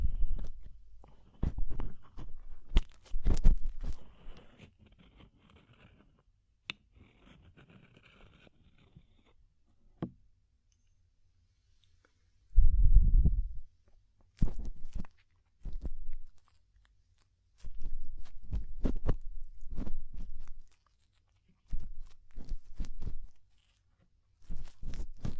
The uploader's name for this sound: DEEP Ear Penetrating Cleaning